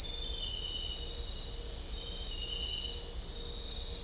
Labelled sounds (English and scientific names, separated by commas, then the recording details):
none
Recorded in dense forest near Puerto Asís, Putumayo, Colombia, on 21 December 2024 at 20:00
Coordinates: 0.500, -76.322
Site G053